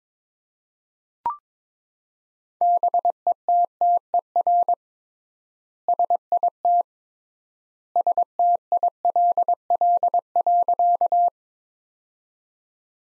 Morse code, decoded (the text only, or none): BETTER SIT STILL.